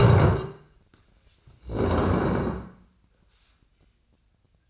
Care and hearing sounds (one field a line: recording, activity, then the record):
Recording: daily activity, microphone in the room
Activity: stand up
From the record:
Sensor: 2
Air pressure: 1012.2 hPa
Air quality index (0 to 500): 161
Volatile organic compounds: 2 ppm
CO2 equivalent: 1181 ppm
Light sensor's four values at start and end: 47/122/52/59 and 59/133/62/74